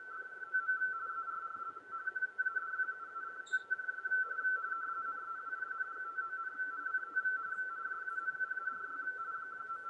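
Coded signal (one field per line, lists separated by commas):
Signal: RTTY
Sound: steady warbling two-tone chatter, rapidly flipping between two close pitches for the whole clip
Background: radio static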